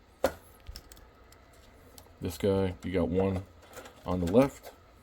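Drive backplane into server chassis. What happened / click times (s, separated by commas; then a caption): The part is being handled and lined up but has not seated yet / none. A drive backplane for a Dell PowerEdge R730 server is handled and lined up on the chassis hooks, with a sharp knock near 0.2 s and a few faint light ticks before someone talks. Nothing has seated or clicked into the chassis yet.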